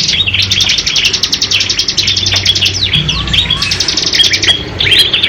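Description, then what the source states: Lovebird chattering in a fast, unbroken string of high, scratchy rattling notes, with brief squeaky twitters and a low steady hum underneath. Long continuous chatter song style called ngekek panjang.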